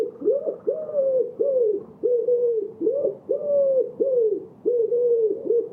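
Bird calls: a steady run of low, soft cooing notes, each rising briefly then holding.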